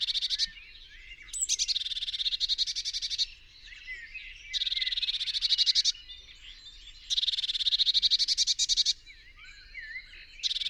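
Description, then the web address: Eurasian blue tit rattling churr calls, long buzzy bursts repeated every few seconds, with a brief high squeak and light background twitters between them. "SETE Cyanistes caeruleus"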